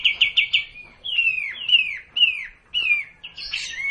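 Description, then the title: Hill blue flycatcher song: a quick burst of four trilled notes, then clear downslurred whistles repeated about every half second, ending in a buzzy flourish. Song delivered in the kapas tembak song style. "cililin kapas tembak"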